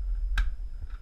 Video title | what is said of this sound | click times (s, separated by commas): Take apart a Dell 745 computer | down until it snaps once | 0.4 s